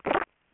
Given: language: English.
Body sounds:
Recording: throat vibration sensor signal played as sound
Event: swallow

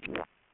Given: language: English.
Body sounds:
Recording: throat vibration sensor signal played as sound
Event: swallow

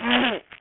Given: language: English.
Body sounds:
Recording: throat vibration sensor signal played as sound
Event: throat clearing

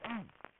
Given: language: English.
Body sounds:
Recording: throat vibration sensor signal played as sound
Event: throat clearing

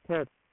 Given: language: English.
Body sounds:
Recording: throat vibration sensor signal played as sound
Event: speech

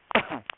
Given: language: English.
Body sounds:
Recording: throat vibration sensor signal played as sound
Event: cough

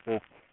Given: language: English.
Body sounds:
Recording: throat vibration sensor signal played as sound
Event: speech

